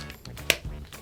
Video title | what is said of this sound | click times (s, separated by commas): STUDIO FIX GOT REFORMULATED! MAC Powder Try-On + Review | There you go. That was that click. | 0.5 s